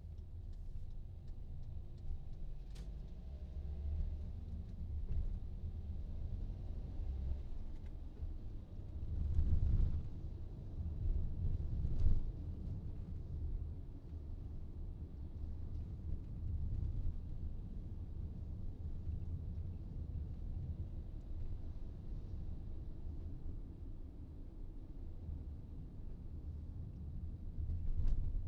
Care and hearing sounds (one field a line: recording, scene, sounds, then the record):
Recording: everyday scene through a hearing-aid microphone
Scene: in a vehicle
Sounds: engine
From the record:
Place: VW T5 Caravelle, diesel engine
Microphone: in the ear canal, right